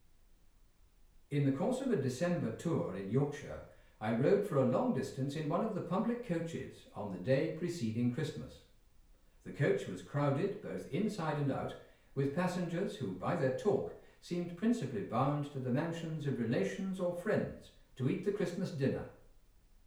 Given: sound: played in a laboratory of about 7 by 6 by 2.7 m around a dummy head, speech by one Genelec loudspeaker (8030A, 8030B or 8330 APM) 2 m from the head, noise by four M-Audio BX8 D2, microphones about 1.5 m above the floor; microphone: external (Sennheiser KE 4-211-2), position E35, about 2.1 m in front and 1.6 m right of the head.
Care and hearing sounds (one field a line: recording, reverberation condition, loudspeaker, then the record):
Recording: male speech in English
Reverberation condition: medium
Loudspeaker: 120 degrees to the left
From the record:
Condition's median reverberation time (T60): about 510 ms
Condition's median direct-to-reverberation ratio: about -0.5 dB